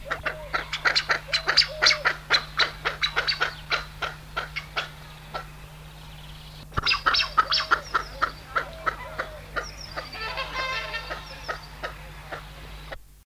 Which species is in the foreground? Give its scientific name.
Chloephaga poliocephala